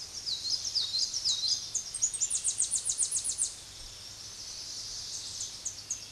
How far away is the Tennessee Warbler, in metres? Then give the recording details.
about 20 m. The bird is about 10 m above the microphone. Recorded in a Pennsylvania forest on 16 May 2024 at 06:11. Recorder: AudioMoth, point MSD-2349. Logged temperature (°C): 15.8 °C. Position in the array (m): 34 m, 60 m